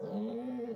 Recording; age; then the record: pig call; piglet (1 to 25 days)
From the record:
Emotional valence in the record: negative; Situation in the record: short isolation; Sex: female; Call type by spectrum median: low-frequency call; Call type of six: low-frequency modulated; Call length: 0.76 s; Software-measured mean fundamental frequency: 52 Hz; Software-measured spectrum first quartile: 226 Hz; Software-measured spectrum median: 335 Hz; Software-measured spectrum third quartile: 503 Hz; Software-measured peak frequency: 221 Hz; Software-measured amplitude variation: 93 dB a second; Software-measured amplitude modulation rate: 20.3 a second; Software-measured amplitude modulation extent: 4.6 dB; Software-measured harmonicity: 10.4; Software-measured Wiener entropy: -0.20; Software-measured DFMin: 913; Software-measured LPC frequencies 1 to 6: 435, 1979, 3252, 3927, 5593, 6481 Hz